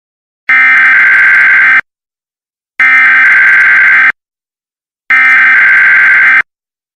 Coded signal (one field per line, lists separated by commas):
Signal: Emergency Alert System (SAME) tones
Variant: header bursts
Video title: C&C EAS Scenario - Part Three: The Last Act